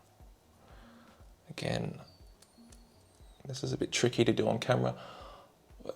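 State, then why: Seated. A quick-release leather watch strap's spring bar is slid into the lug holes of the watch case to fit the second side, while someone talks and soft faint ticks are heard. A sharp click at 5.9 s confirms the spring bar has seated in the lug.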